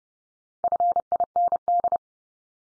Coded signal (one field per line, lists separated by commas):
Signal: Morse code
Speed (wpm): 30 wpm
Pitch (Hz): 700 Hz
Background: none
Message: FIND